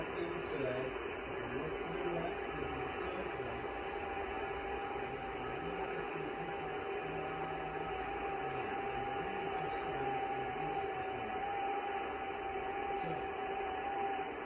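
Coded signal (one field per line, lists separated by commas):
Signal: FT8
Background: speech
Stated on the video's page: FT8 on the 6 meter band before a storm.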